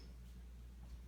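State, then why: Not seated. A plastic bobbin is placed on the bobbin winder spindle of a Pfaff 2170 sewing machine, its slot lined up with the knob, and turned to lock it into place. Only a steady low hum and faint background noise are heard, with no distinct click. The bobbin fails to lock onto the spindle, and nothing has seated or clicked yet.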